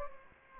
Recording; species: mosquito wingbeat signal from an infrared sensor; Anopheles gambiae